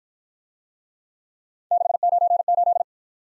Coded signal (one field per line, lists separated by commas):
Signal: Morse code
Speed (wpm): 54 wpm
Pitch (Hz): 700 Hz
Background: none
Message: 698